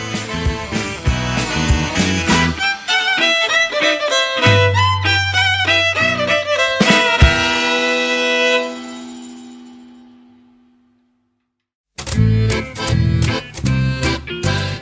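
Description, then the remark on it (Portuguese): A short instrumental jingle introducing the "Gorjeta" segment, about restaurants and other establishments, with a bright, busy melody over a low bass line fades out into silence, then a new burst of music begins. No one speaks. “Como vocês acabaram de ouvir na vinheta, esse é o Gorjeta, o nosso bloco em que a gente fala sobre estabelecimentos e da nossa gorjeta”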